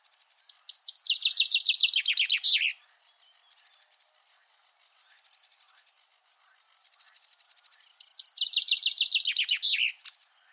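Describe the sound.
Common chaffinch singing twice, each phrase a fast run of repeated notes dropping in pitch and ending with a sharp flourish, with a quiet pause of about five seconds between them.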